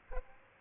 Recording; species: mosquito wingbeat signal from an infrared sensor; Aedes aegypti